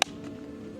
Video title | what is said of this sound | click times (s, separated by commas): WORLD'S FIRST Bambu Lab Store IN THE WORLD! 3D Printing Heaven | They just snap into place. | 0.0 s